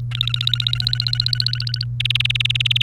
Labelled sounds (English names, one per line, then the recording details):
Domestic Canary song
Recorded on 30 April 2018 at 16:36
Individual llb3